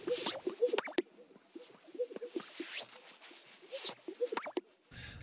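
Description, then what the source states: Gunnison sage-grouse display: a series of soft hollow pops repeated at irregular intervals. Males strutting and vocalizing on leks in spring to attract females; the display season can start as early as February.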